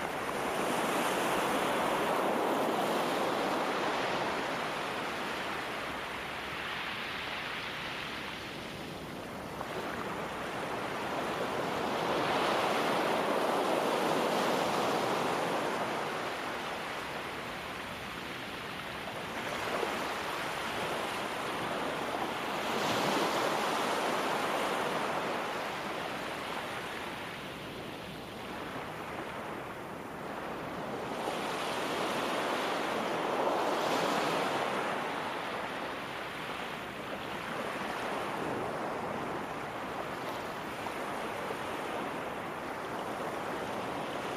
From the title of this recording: Peaceful Ocean Sounds